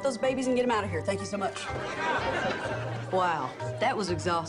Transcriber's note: laughter